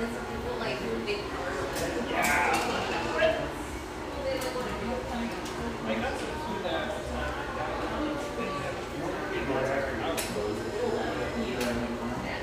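Lively coffeeshop ambience with a steady, dense blend of overlapping voices and chatter throughout. Short bright clinks and clatters of cups or dishes pop out every second or two, with a louder burst of talk around two to three seconds.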